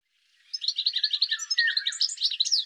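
Bird song: one sustained twittering phrase of rapid high notes, varying in pitch toward the end.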